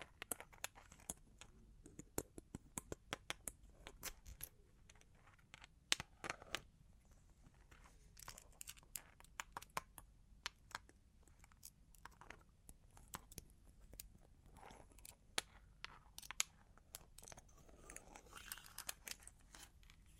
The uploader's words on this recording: Long Claws Tapping and Scratching (No Talking).